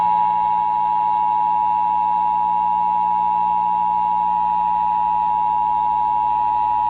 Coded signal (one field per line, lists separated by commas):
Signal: Emergency Alert System (SAME) tones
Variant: 853 and 960 Hz attention tone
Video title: WPBA PBS Emergency Alert System (8/07/19)